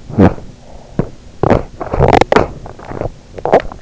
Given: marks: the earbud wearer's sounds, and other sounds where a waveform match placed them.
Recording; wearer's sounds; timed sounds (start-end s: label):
sounds in sleep by an in-ear microphone; teeth grinding
0.18-3.81 s: teeth grinding